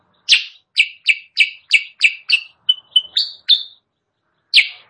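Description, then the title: Sooty-headed bulbul song: rapid buzzy chirps followed by thin whistled notes, a short silence, then one final loud chirp. Chattering (gacor) song used as masteran, a training recording for caged birds, and as a pikat lure sound. "Masteran Kutilang Sutra. suara pikat kutilang sutra kutilang sutra gacor"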